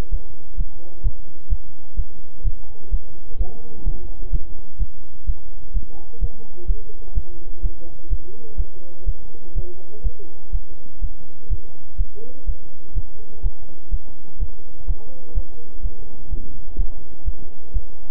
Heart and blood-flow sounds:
heart sounds by stethoscope; between the tricuspid and mitral areas; 126 bpm
0.10 s: heartbeat
0.56 s: heartbeat
1.02 s: heartbeat
1.48 s: heartbeat
1.95 s: heartbeat
2.42 s: heartbeat
2.90 s: heartbeat
3.37 s: heartbeat
3.84 s: heartbeat
4.30 s: heartbeat
4.78 s: heartbeat
5.25 s: heartbeat
5.72 s: heartbeat
6.19 s: heartbeat
6.66 s: heartbeat
7.13 s: heartbeat
7.61 s: heartbeat
8.08 s: heartbeat
8.56 s: heartbeat
9.05 s: heartbeat
9.53 s: heartbeat
10.02 s: heartbeat
10.51 s: heartbeat
11.00 s: heartbeat
11.48 s: heartbeat
11.96 s: heartbeat
12.45 s: heartbeat
12.93 s: heartbeat
13.41 s: heartbeat
13.90 s: heartbeat
14.38 s: heartbeat
14.86 s: heartbeat
15.33 s: heartbeat
15.81 s: heartbeat
16.29 s: heartbeat
16.76 s: heartbeat
17.24 s: heartbeat
17.72 s: heartbeat
From the record:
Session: bicycle stress test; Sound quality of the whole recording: good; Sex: male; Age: 26 years

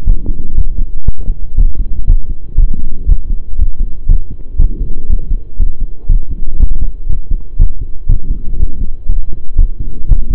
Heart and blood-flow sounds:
heart sounds by stethoscope; between the tricuspid and mitral areas; 120 bpm
0.06 s: heartbeat
0.56 s: heartbeat
1.06 s: heartbeat
1.57 s: heartbeat
2.07 s: heartbeat
2.57 s: heartbeat
3.08 s: heartbeat
3.58 s: heartbeat
4.08 s: heartbeat
4.59 s: heartbeat
5.09 s: heartbeat
5.59 s: heartbeat
6.09 s: heartbeat
6.59 s: heartbeat
7.09 s: heartbeat
7.59 s: heartbeat
8.08 s: heartbeat
8.59 s: heartbeat
9.08 s: heartbeat
9.57 s: heartbeat
10.08 s: heartbeat
From the record:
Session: pedaling a stationary bicycle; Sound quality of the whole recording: saturated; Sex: male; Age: 23 years

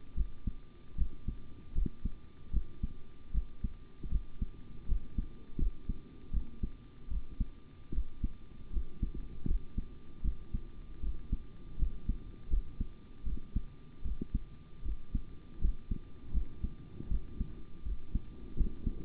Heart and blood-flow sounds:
heart sounds by stethoscope; between the tricuspid and mitral areas; 78 bpm
0.15 s: heartbeat
0.96 s: heartbeat
1.73 s: heartbeat
2.51 s: heartbeat
3.32 s: heartbeat
4.09 s: heartbeat
4.86 s: heartbeat
5.57 s: heartbeat
6.31 s: heartbeat
7.09 s: heartbeat
7.92 s: heartbeat
8.71 s: heartbeat
9.46 s: heartbeat
10.22 s: heartbeat
11.01 s: heartbeat
11.77 s: heartbeat
12.48 s: heartbeat
13.24 s: heartbeat
14.03 s: heartbeat
14.83 s: heartbeat
15.59 s: heartbeat
16.32 s: heartbeat
17.09 s: heartbeat
17.83 s: heartbeat
18.55 s: heartbeat
From the record:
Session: rest, sitting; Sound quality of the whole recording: good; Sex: male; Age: 25 years

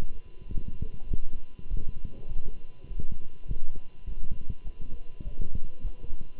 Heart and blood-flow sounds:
heart sounds by stethoscope; between the tricuspid and mitral areas; 101 bpm
0.48 s: heartbeat
1.08 s: heartbeat
1.69 s: heartbeat
2.29 s: heartbeat
2.88 s: heartbeat
3.48 s: heartbeat
4.06 s: heartbeat
4.64 s: heartbeat
5.24 s: heartbeat
5.83 s: heartbeat
From the record:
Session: walking at 3.7 km/h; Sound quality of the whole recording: good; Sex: male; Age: 24 years

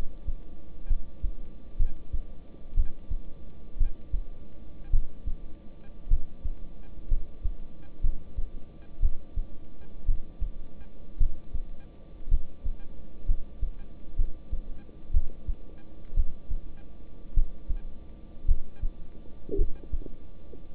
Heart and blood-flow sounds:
heart sounds by stethoscope; between the tricuspid and mitral areas; 57 bpm
0.88 s: heartbeat
1.77 s: heartbeat
2.75 s: heartbeat
3.78 s: heartbeat
4.91 s: heartbeat
6.08 s: heartbeat
7.09 s: heartbeat
8.01 s: heartbeat
9.00 s: heartbeat
10.06 s: heartbeat
11.18 s: heartbeat
12.29 s: heartbeat
13.26 s: heartbeat
14.16 s: heartbeat
15.12 s: heartbeat
16.15 s: heartbeat
17.34 s: heartbeat
18.46 s: heartbeat
19.56 s: heartbeat
20.74 s: heartbeat
From the record:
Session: rest, lying down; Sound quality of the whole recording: good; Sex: male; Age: 26 years

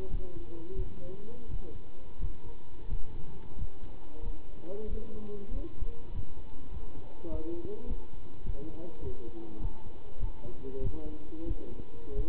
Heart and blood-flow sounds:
heart sounds by stethoscope; between the tricuspid and mitral areas; 95 bpm
0.11 s: heartbeat
0.76 s: heartbeat
1.49 s: heartbeat
2.20 s: heartbeat
2.89 s: heartbeat
3.56 s: heartbeat
4.23 s: heartbeat
4.88 s: heartbeat
5.52 s: heartbeat
6.12 s: heartbeat
6.71 s: heartbeat
7.30 s: heartbeat
7.88 s: heartbeat
8.45 s: heartbeat
9.02 s: heartbeat
9.60 s: heartbeat
10.20 s: heartbeat
10.81 s: heartbeat
11.46 s: heartbeat
12.16 s: heartbeat
From the record:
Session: pedaling a stationary bicycle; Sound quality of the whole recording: good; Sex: male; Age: 27 years

